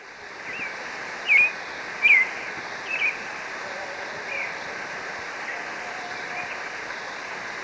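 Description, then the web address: Marañon thrush with three short whistled phrases in quick succession, followed by quieter faint notes over a steady hiss of background noise. Ecuador. "Birds of Ecuador. Marañon Thrush"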